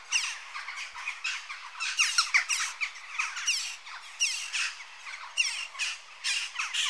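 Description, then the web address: Western jackdaws calling in a noisy group, sharp squawking chacks arriving in rapid overlapping bursts, with brief lulls between louder clusters. Adult birds. "BBC Sound Effects Library (Birds) Jackdaw (Corvus Monedula) Adults"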